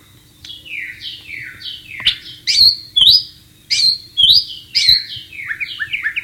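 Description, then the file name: White-rumped shama song, a run of descending whistles followed by several loud sharp rising and falling phrases, ending in quick chirps. Wild bird recorded in natural habitat. "suara burung murai batu di alam liar"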